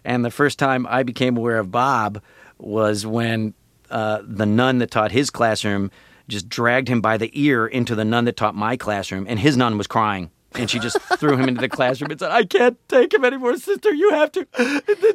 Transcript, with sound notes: And the first time I became aware of Bob was when the nun that taught his classroom just dragged him by the ear into the nun that taught my classroom. And his nun was crying.
(Laughter).
And she just threw him into the classroom and said, I can't take him anymore, Sister. You have to